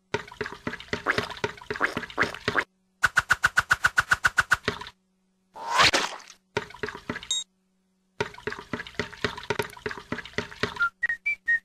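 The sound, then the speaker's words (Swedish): Pancake batter being whisked by Pippi in quick, rhythmic clattering strokes that come in bursts with short pauses, splashing onto the walls, broken midway by one loud, wet splashing swish. No one speaks. “Pippi vispade så att det stänkte på väggarna.”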